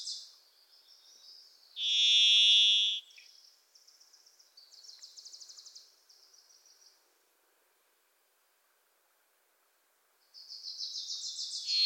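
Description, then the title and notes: Varied thrush sings a single loud, sustained buzzy whistle lasting about a second, surrounded by several quick, chattering trills from a Wilson's Warbler before and after. Sings from deep within trees in forests of the Pacific Northwest, hard to locate; a Wilson's Warbler sings alongside. "The Varied Thrush, Ixoreus naevius, is a wisp in the forests of the Pacific Northwest."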